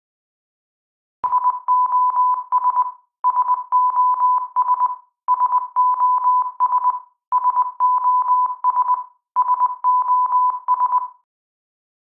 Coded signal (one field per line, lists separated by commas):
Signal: Morse code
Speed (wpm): 20 wpm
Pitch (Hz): 1000 Hz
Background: none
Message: SOS SOS SOS SOS SOS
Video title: EAS Scenario #22: Invasions Galore, Part 3: Conclusion